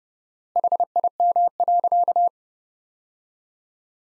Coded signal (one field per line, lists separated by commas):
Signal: Morse code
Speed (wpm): 30 wpm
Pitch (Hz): 700 Hz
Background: none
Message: HIM.